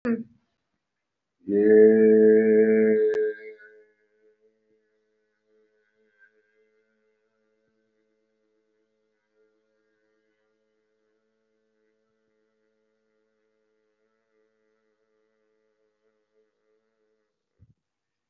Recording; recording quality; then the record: sustained vowel as in made; moderate, slight background noise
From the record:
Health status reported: respiratory illness, not identified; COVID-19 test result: negative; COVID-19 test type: RT-PCR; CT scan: not taken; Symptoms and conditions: breathing difficulty, fatigue, another respiratory illness, hypertension, diabetes, another condition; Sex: male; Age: 55 years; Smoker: yes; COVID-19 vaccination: both doses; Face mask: worn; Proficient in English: yes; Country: India